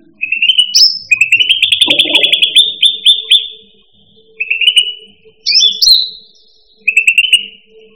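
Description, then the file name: Cucak rante song: a fast chattering trill of whistled notes, then short whistled phrases repeated every couple of seconds, with a brief rustle. "suara burung cucak rante. omkicau"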